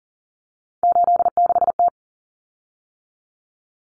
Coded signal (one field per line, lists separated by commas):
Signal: Morse code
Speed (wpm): 40 wpm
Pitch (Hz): 700 Hz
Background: none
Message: 86T